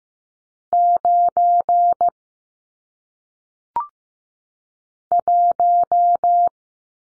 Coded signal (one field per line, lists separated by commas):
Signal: Morse code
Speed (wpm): 15 wpm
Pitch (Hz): 700 Hz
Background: none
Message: 9 1